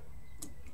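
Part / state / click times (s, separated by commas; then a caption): bulb socket into taillight housing / seated / 0.4 s. A taillight bulb socket, lined up by its directional slots, is pushed into the plastic taillight housing until it clicks and locks. A sharp tick is heard at 0.4 s, followed by a fainter tick at 0.7 s, over a low steady background hum. The socket is seated and locked in the housing.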